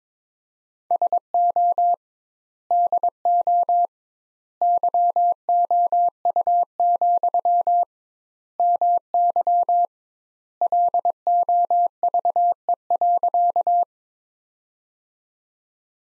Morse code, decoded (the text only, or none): SO DO YOU, MY LOVE.